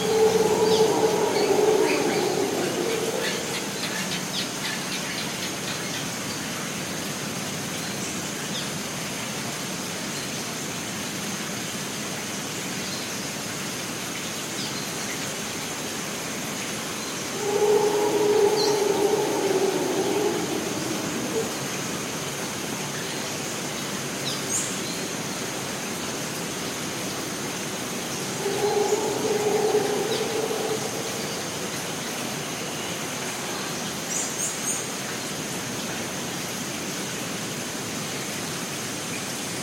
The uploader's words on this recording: Monkeys Howling. Various monkey species engaging in vocal exchanges that range from melodic melodies to powerful calls that reverberate through their habitats.